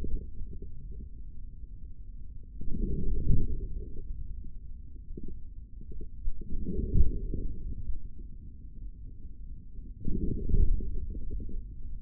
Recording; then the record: forearm muscle sounds (acoustic myography)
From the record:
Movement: forearm pronation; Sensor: system 3, bracelet of six PUI Audio POM-2738L microphones around the upper forearm, with dedicated amplification and filtering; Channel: 5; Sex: male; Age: 23 years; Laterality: right